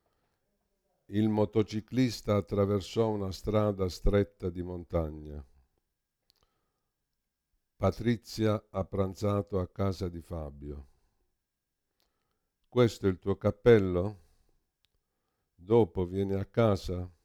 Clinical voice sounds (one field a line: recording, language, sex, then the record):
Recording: read phrases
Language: Italian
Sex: male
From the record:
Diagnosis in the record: Parkinson's disease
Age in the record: 65 years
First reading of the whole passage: 52 s, 9.9 characters per second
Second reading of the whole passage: 50 s, 10.3 characters per second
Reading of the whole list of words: 40 s, 7.0 characters per second